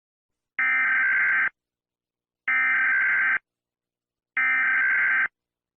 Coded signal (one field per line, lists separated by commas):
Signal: Emergency Alert System (SAME) tones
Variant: header bursts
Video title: eas scenario/mock F from alphabet lore invasion